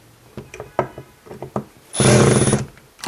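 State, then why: Stripped. An impact driver runs on a screw in wood whose thread has been stripped by too much force, so the screw just spins freely. A series of short knocks and taps from about 0.5 to 1.6 s is followed by a loud, rattling burst of the driver with a high whine from about 2.0 to 2.6 s. The screw does not seat; its thread and drive are ruined.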